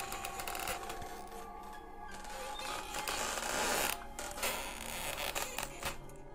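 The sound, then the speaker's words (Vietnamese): An old wooden door leading to an adjoining room is slowly opened at night, creaking with a harsh, grinding squeal with scratchy, shifting overtones that drags on for several seconds without any voices. “Cánh cửa gỗ cũ kỹ bị Dương Húc Minh chậm rãi mở ra, phát lên những tiếng ken két chói tai trong đêm”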